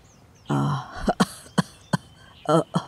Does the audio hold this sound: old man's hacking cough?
yes